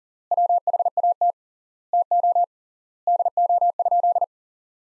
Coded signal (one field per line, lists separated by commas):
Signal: Morse code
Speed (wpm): 40 wpm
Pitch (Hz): 700 Hz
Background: none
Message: WHAT TO DO?